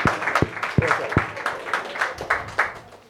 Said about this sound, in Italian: Faccio un 3-2-1. Chiamo un applauso, qualcosa che rompa la. Vai, applauso!